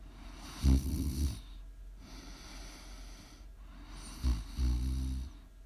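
Two low, rattling snores about four seconds apart from a sleeping adult, each a brief snort followed by a longer buzzing inhalation.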